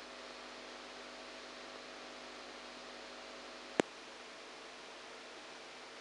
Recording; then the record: brain microelectrode recording played as sound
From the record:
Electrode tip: outside the subthalamic nucleus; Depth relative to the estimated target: -8 mm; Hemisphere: right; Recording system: NeuroSet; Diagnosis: Parkinson's disease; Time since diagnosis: 7 years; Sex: male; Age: 69 years